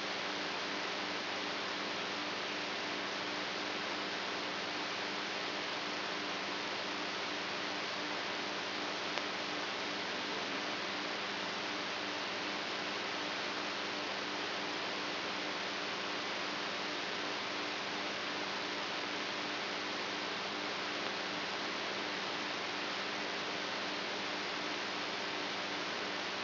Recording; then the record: brain microelectrode recording played as sound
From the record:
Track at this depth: inside the subthalamic nucleus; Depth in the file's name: 4.913 mm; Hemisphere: right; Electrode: 3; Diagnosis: Parkinson's disease